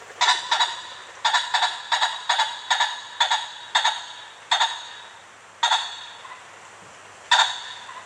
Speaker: It's the sound of pheasants on the farm going up to roost in the trees.